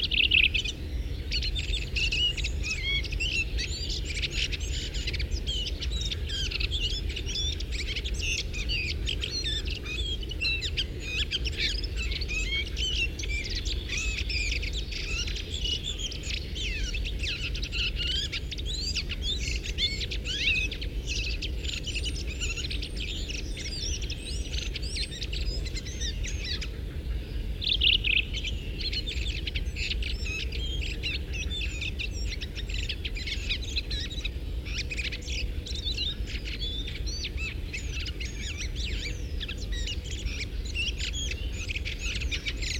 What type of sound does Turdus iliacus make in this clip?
song